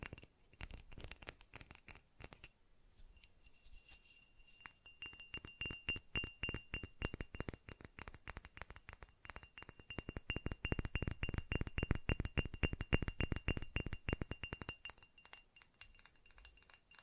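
Fast tapping runs in dense, quick bursts of sharp clicks, with a glassy, clinking ring. It starts sparse and quiet, picks up around five seconds, peaks loudest between ten and fourteen seconds, then thins out. A thin steady high tone hangs underneath most of it.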